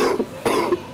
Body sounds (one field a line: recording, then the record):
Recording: coughing mixed with background sound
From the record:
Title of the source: Coughing 77